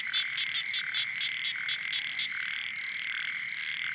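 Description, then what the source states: Frogs and toads calling rapidly, quick pulsed croaks in fast series, with a constant high hum behind them. Wild night chorus on the shore of Boeng Thum lake, Cambodia, around 23:00 on 12 December 2018, as human noise fades.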